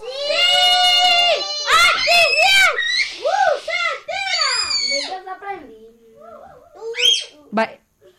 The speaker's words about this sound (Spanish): Les dolerá los oídos, ¿vale? A los que nos escuchan si gritamos. Vamos a cuidar a las personas que nos escuchan.